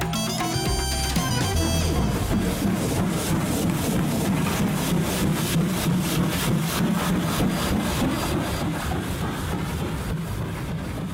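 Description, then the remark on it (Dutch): A steam train running, its loud, steady chuffs repeating in a fast, even rhythm over a heavy mechanical rumble, with a brief high tonal sound at the very start. “Ja, een stoomtrein volgens mij.”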